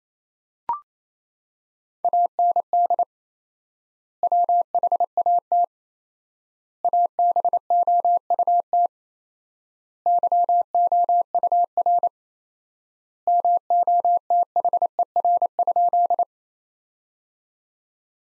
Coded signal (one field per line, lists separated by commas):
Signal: Morse code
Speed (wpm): 27 wpm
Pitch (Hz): 700 Hz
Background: none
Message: AND WHAT ABOUT YOUR MOTHER?